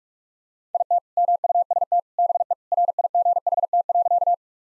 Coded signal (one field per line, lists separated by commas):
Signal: Morse code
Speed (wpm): 42 wpm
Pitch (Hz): 700 Hz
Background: none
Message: IT MUST BE RIGHT.